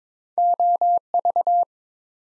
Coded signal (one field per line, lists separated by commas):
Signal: Morse code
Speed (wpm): 22 wpm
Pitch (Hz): 700 Hz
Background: none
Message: OV